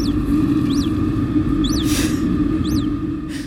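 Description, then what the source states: Naked mole rat soft chirps: four rising-then-falling arched chirps, roughly one every second, over a steady low hum. Soft chirp from one lab colony; each colony's soft chirp sounds slightly distinct, a colony dialect.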